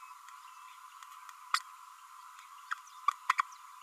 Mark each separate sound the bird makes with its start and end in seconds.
1.54-1.61, 2.71-2.74, 3.29-3.33, 3.38-3.42